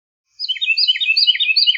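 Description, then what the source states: Songbird song: a quick, continuous string of high, downslurred whistled notes after a brief silence. Deciduous forest; a single songbird singing solo.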